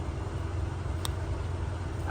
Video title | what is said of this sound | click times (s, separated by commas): Replacing a Camshaft Position Sensor on a Suzuki SX4. | and hook up the electrical connection now you're going to hear it click I | 1.0 s